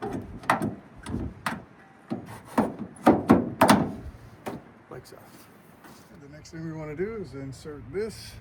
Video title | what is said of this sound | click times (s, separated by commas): 2007-2013 Chevrolet Silverado Cargo Management System, Building & Installing a Sliding Bed Divider | I should be able to slide it until it locks into place. Like so. | 3.6 s